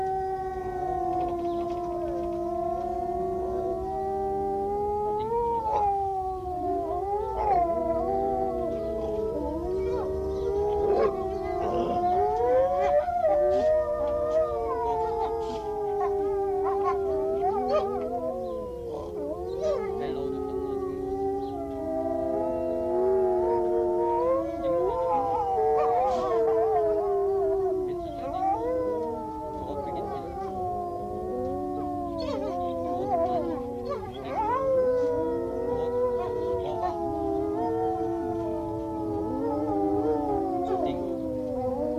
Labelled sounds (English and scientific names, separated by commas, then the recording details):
Gray Wolf (Canis lupus) howling
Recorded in captivity
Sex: group
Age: adult
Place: Zoo Kischinjow, MD
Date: 1982-03-12
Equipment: Sonett, RFT DM 2112, Kopie Tascam 22-2
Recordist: Frommolt, Karl-Heinz
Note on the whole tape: Gruppenheulen mit guten Modulationen, am Schluss Fiepen